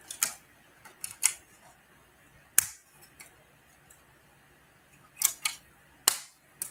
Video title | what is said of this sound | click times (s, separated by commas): Articulated Points Live: MEGA G.I. JOE Skystriker vs. COBRA H.I.S.S. Building Set | That is a satisfying snap, I've got to say. | 6.1 s